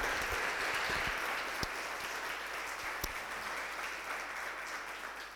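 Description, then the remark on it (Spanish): An audience applauds the Lord, a dense wash of many hands clapping at an even level throughout, with a couple of sharper individual claps standing out. “Así que le damos un aplauso al Señor.”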